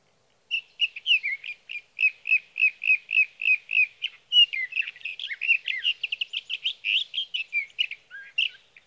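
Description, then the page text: Sage thrasher song opening with a steady string of similar repeated chirps, then breaking into a faster, more varied rush of warbled notes. Male singing through three nights near his night roost, evening June 12 to morning June 15, 2018, Sierra Valley, California; recorded with a Swift recorder. "61. Sage thrasher songs, through the night."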